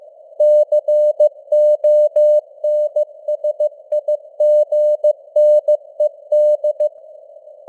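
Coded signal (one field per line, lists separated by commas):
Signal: Morse code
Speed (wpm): 15 wpm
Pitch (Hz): 600 Hz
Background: none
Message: CONSIGNED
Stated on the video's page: Computer-generated 15 wpm Morse news headlines with simulated radio noise and varying signal strength (QSB).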